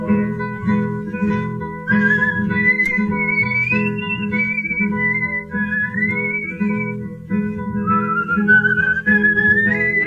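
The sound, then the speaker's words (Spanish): A melody is whistled in long, sliding notes that rise and fall, carried over a steady, droning instrumental accompaniment with no voices. “Mientras sigue nevando y cuando andas en tristeza se lo van silbando.”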